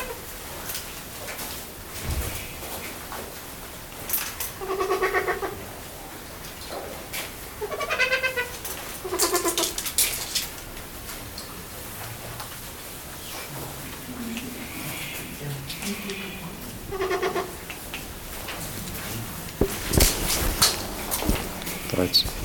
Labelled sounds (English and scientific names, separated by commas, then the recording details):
Trumpeter Hornbill (Bycanistes bucinator) call
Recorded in captivity
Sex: pair
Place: Zoo Berlin, Berlin, DE
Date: 1996-01-21 13:39
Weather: heiter, -7°C
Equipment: Sony MD-WM MZ-R3, Sennheiser ME 80, Kopie Uher 4000 Report Monitor
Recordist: Tembrock, Günter